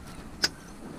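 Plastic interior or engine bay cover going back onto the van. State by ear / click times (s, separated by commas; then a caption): seated / 0.4 s. A plastic trim cover, an interior or engine bay cover, is pushed back onto a Vauxhall Vivaro van after a clutch replacement. A single sharp click is heard at 0.4 s over a low, steady background, and the cover is seated in place.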